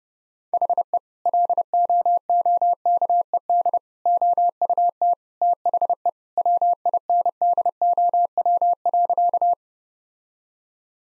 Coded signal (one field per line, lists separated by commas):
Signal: Morse code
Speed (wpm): 30 wpm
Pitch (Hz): 700 Hz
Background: none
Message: HE LOOKED OUT THE WINDOW.